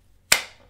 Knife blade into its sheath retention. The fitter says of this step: it locks in really nice see it's it's not coming